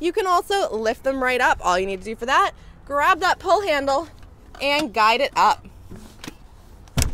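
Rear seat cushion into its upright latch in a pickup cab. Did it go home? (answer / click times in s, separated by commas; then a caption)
yes / 7.0 s. In the cab of a 2014 Honda Ridgeline Touring pickup, the rear bench seat cushion is lifted by its pull handle and pushed up into its raised position while someone talks. After some soft handling noises, a sharp latch click at 7.0 s confirms the cushion has locked in place.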